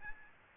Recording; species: mosquito wingbeat signal from an infrared sensor; Aedes albopictus